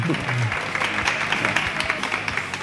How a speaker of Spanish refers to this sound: Entonces tienen... aplaudid que es gratis.